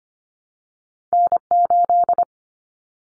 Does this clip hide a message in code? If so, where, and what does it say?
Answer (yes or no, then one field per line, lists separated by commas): yes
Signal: Morse code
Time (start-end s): 1.1-2.2 s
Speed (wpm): 25 wpm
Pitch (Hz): 700 Hz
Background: none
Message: N8